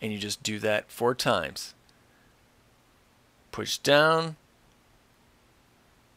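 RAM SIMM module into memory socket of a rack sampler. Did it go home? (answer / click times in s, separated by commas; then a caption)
no / none. Someone talks while a RAM SIMM module is pressed down into its memory socket on the main board of an ASR-10 rack sampler, before it is tilted back to latch. A faint, brief tick sounds at about 1.9 s during the quiet stretch between the speech. The module has not yet seated or clicked into place.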